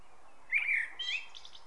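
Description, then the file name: Common blackbird singing one brief warbled phrase, a fluty note sliding into a high chattering twitter, with soft background noise. "Turdus merula"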